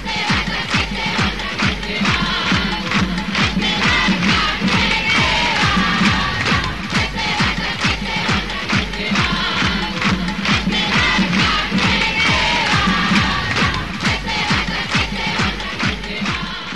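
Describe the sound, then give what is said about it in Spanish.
A large protest crowd rejecting the whole political class chants slogans in unison, shouting that they should all go ('que se vayan todos'), during the December 20 mobilization; loud and steady, with rhythmic repeated shouts pulsing throughout and a dense roar of many voices beneath. “La muchedumbre rechaza el conjunto de la clase política a los gritos de que se vayan todos.”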